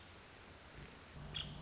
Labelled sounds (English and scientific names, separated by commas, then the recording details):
Nuttall's Woodpecker (Dryobates nuttallii)
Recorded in Sonoma County, California